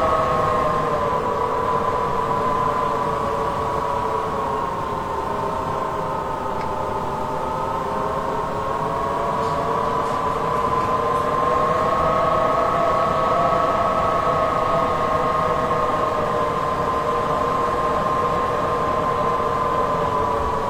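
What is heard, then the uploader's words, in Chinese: A typhoon's wind howls outside the window at night, a continuous roar with a whistling, moaning tone that slowly rises and falls in pitch. The low rumble stays dense and even throughout, with no pauses or sharp events. 台风入夜，在窗外叫嚣。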